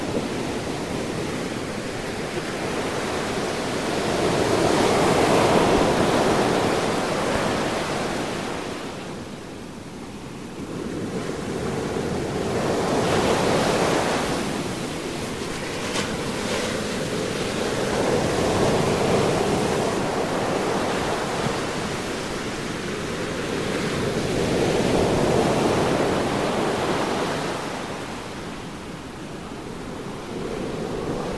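Gentle sea waves wash in and draw back in a slow, regular rhythm, swelling roughly every six to eight seconds. Each surge brings a soft, hissing rush that fades to a quieter lull before the next. The wash never fully stops between swells.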